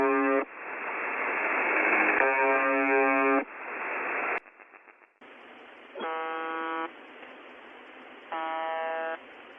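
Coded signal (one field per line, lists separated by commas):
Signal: numbers station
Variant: UVB-76 (The Buzzer)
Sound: harsh one-second buzzes repeating every couple of seconds over rushing shortwave static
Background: radio static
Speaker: now i will play a little bit of a snippet from the uh radio station so you can hear what is just just a small portion of what is going on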